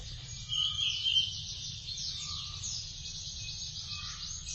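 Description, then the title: Thrush song: rapid, varied high warbling phrases running almost continuously, with a short loud burst near the start over a low steady hum. "burung anis x"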